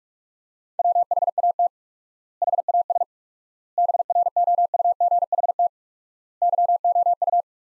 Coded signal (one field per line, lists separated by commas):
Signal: Morse code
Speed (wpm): 42 wpm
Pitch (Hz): 700 Hz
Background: none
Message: WHAT HAS BROUGHT YOU